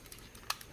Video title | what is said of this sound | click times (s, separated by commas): Quintesson Pit of Judgement - Transformers War For Cybertron Hasbro Pulsecon Exclusive 2020 Review | And then they just snap right in. | 0.5 s